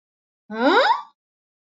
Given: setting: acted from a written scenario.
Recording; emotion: vocal sound without words; negative surprise